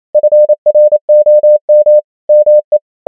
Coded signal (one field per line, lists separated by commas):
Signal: Morse code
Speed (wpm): 28 wpm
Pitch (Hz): 600 Hz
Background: none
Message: FROM ME